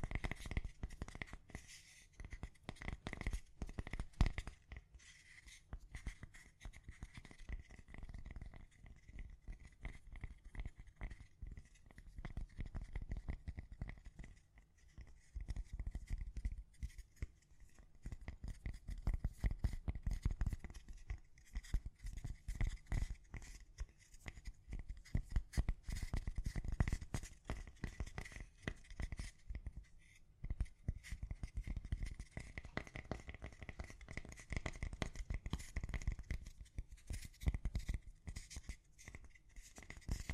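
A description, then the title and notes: Gentle tapping continues for the full forty seconds, made of quick, dense clusters of soft clicks with short pauses between bursts. The taps carry a dull low thump along with a light ticking edge, and a faint steady tone hums underneath throughout. ASMR Gently Tapping You to Sleep (No Talking).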